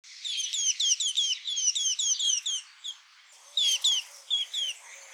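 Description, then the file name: House sparrow chirping: many quick, high, slurred chirps in busy bursts, a short pause, then more chirps over a faint low tone. "Passer domesticus"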